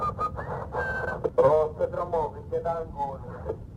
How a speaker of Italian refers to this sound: Si sente addirittura uno che fischietta.